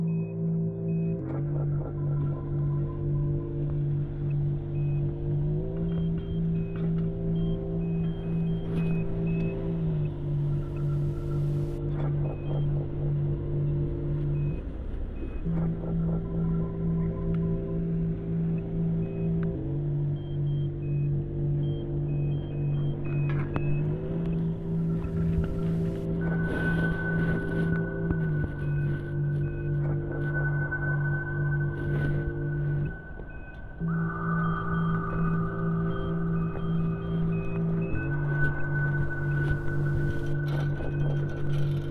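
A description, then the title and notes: A steady, humming space-flight melody of low droning tones that shift pitch every few seconds, joined by a thin high whistle after twenty-six seconds. Pre-launch check, liftoff, the melody of space flight.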